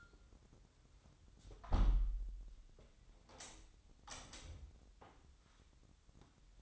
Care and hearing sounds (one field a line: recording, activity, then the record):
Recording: daily activity, microphone in the room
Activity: close window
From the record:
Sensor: 3